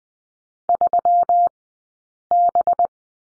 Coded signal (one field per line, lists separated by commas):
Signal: Morse code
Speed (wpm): 20 wpm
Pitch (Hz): 700 Hz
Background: none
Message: 3B